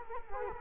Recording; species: mosquito wingbeat signal from an infrared sensor; Culex quinquefasciatus